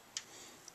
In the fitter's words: right so I have this one I just snapped in